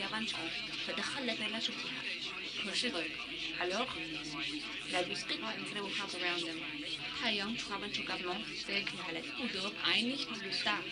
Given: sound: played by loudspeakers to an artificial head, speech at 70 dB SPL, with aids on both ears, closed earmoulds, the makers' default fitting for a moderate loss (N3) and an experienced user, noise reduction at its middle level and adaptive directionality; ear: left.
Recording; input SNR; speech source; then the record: speech test signal (ISTS) in cocktail-party noise; +6 dB; on the right (90 degrees)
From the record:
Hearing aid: class 2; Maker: D